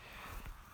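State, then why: Seated. On a 2002–2009 Lexus GX470, the quick-connect coupling of the fuel return line is pushed down onto its metal fitting on the fuel rail. A short, sharp click comes at 0.5 s over low background noise, showing the connector has seated on the fitting.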